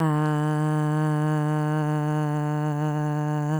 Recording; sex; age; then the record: sustained vowel /a/; female; 20 to 29 years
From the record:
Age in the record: 25 years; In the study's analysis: included